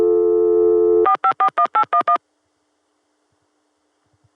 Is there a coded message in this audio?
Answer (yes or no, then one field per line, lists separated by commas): yes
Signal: DTMF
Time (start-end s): 1.1-2.2 s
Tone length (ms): 90 ms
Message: 4541811